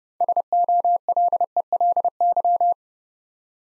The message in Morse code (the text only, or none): SOLELY